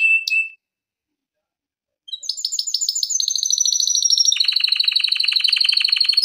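Canary: a short whistled note, a pause of over a second, then a rapid trill that grows louder and drops into a lower rolling buzzy phrase.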